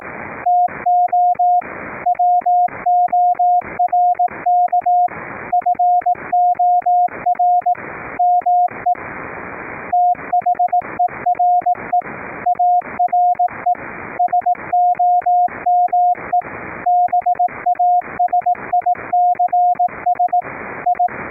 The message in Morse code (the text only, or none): TO WORK FOR ME THERE ARE SOME BASICS I